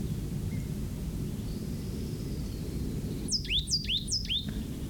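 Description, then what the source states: Plain Titmouse singing a short burst of three matching phrases, each a high whistle dropping steeply then curling upward, amid low rumbling noise. Possibly the male of a pair, or the same bird recorded calling earlier; singing from spaced live oaks about 10 feet tall with grass understory, bays, poison oak and big leaf maple, edging a draw.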